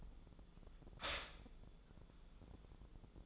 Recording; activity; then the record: daily activity, microphone in the room; stop toaster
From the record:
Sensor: 5